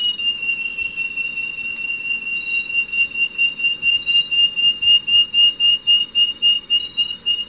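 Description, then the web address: Wing-banded Wren whistled song: a steady run of high, pure, evenly pitched notes, about four a second, growing louder toward the end. Recorded in Ecuador. "Natures Songs S America Birds of Ecuador wing-banded Wren"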